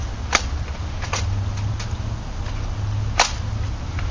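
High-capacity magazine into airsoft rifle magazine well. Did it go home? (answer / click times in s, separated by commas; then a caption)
yes / 3.2 s. A plastic 300-round high-capacity magazine that comes with a JG airsoft rifle is pushed into the rifle's magazine well over a steady low hum. There is a sharp tap at about 0.3 s and softer knocks near 1.1 s and 1.8 s. A crisp click at 3.2 s marks the magazine seating in place.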